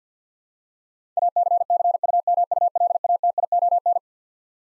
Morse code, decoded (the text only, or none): ACCUMULATION